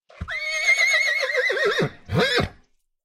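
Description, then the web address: Horse whinny, a loud harmonic neigh that holds steady, then shakes and wavers downward, followed by a short second rising-falling burst. "kon tj whinney big"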